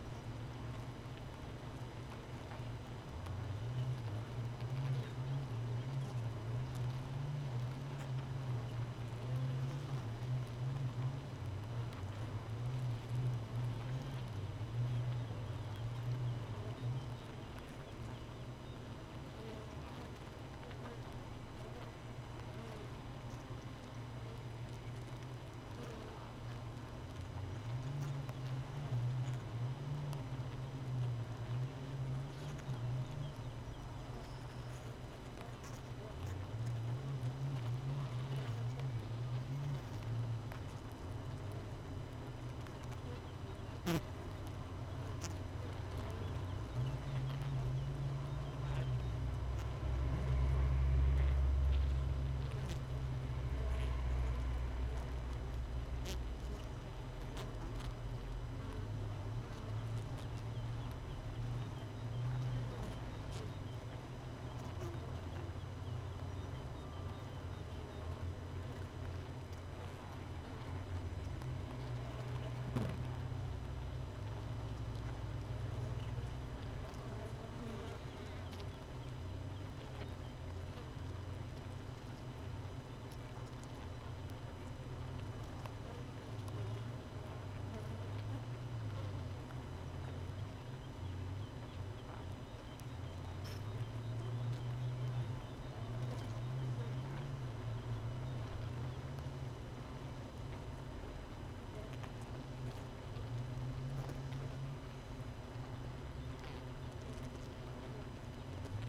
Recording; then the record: honeybee colony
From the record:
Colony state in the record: missing queen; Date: 31 May 2018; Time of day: 5:06